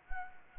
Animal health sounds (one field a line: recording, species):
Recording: mosquito wingbeat signal from an infrared sensor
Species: Anopheles arabiensis